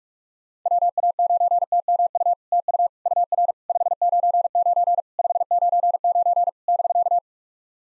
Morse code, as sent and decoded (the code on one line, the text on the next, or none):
.-- .- ----. - -- ..- / - ..- / ..- .-. / ..... ----. ----. / ..... ----. ----. / -...-.-
WA9TMU TU UR 599 599 <BK>